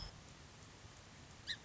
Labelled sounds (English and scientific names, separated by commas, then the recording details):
Song Sparrow (Melospiza melodia)
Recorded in Sonoma County, California